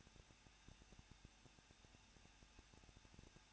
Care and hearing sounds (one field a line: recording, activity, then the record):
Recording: daily activity, microphone in the room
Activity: no activity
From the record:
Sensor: 2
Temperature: 21.0 degrees Celsius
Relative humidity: 37.5%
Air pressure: 1006.2 hPa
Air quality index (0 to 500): 223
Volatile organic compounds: 25 ppm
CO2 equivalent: 2828 ppm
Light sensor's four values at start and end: 2/3/2/2 and 2/3/2/2